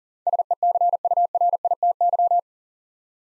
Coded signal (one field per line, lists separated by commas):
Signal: Morse code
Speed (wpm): 43 wpm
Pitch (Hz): 700 Hz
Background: none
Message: SECURITY